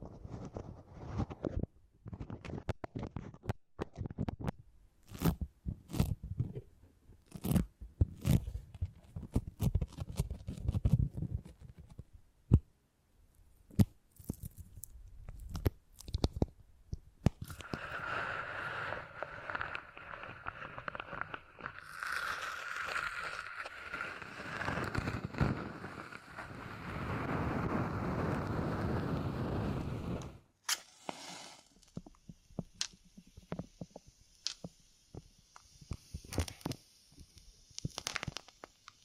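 Beeswax is handled in close, tingly detail: sticky crackles, soft squishes and sharp clicks come in uneven bursts through the first half. Around 17 to 30 seconds a denser, steady rubbing and scraping takes over, then sparse snaps and taps return to the end.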